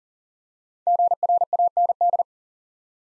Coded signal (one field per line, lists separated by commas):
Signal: Morse code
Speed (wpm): 38 wpm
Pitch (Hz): 700 Hz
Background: none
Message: GRAND